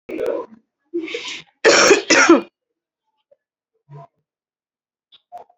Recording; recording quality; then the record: heavy voluntary cough; excellent, no background noise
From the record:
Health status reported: recovered from COVID-19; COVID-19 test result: positive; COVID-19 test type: RT-PCR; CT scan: not taken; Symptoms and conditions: cough, cold, sore throat, fever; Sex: female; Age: 31 years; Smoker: no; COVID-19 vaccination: both doses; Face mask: worn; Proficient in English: yes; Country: India